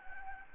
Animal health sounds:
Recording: mosquito wingbeat signal from an infrared sensor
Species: Anopheles gambiae

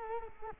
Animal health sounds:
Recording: mosquito wingbeat signal from an infrared sensor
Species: Culex quinquefasciatus

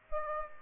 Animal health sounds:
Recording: mosquito wingbeat signal from an infrared sensor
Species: Aedes aegypti

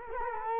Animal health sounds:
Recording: mosquito wingbeat signal from an infrared sensor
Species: Culex quinquefasciatus

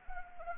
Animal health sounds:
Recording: mosquito wingbeat signal from an infrared sensor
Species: Anopheles arabiensis

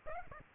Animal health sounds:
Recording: mosquito wingbeat signal from an infrared sensor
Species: Aedes aegypti

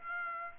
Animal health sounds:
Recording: mosquito wingbeat signal from an infrared sensor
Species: Aedes aegypti

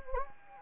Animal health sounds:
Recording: mosquito wingbeat signal from an infrared sensor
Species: Anopheles gambiae

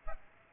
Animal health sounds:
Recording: mosquito wingbeat signal from an infrared sensor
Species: Aedes aegypti

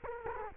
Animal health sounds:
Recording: mosquito wingbeat signal from an infrared sensor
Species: Culex quinquefasciatus

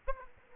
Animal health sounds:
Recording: mosquito wingbeat signal from an infrared sensor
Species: Aedes aegypti

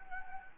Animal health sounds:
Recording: mosquito wingbeat signal from an infrared sensor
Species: Anopheles gambiae

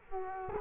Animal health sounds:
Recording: mosquito wingbeat signal from an infrared sensor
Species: Culex quinquefasciatus

